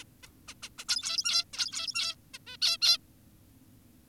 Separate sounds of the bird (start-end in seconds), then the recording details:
0.23-0.27, 0.48-0.54, 0.63-0.69, 0.78-0.84, 0.89-1.44, 1.54-2.16, 2.34-2.38, 2.47-2.57, 2.62-2.78, 2.82-2.98. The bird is an adult. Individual g17y2U